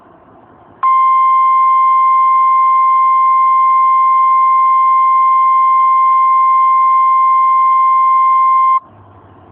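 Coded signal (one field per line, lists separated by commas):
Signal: Emergency Alert System (SAME) tones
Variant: 1050 Hz attention tone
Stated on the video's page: Remastered mock EAS alert, not a real activation.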